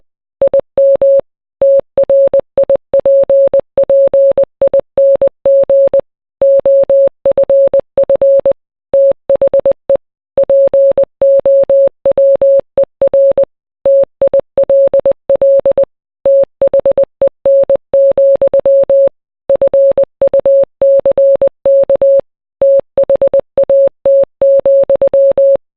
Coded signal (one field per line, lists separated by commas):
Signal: Morse code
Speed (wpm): 20 wpm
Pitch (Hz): 550 Hz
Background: none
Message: IM TRIPPING OFF THE POWER TILL THEN, FUCK THAT,